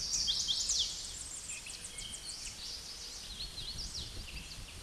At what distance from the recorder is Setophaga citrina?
about 50 m